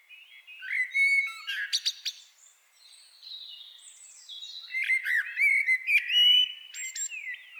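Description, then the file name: Common blackbird song: a fluted, warbling phrase with a sharp high squeak at the end, a quiet stretch, then a second rich whistled phrase. "Turdus merula"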